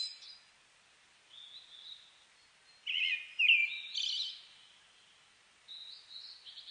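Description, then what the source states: Brown-headed thrush singing short fluty phrases separated by pauses, with a louder warbled phrase mid-way followed by a higher, thinner sound. Recorded on 29 May 2004.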